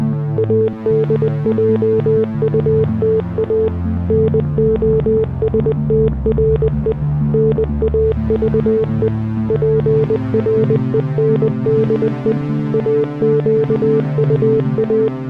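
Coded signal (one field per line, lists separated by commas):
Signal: Morse code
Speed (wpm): 20 wpm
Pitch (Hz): 440 Hz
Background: music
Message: ADJUTA NOSTRE NAVE PRENDE AQUA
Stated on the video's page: Text and music in Morse code.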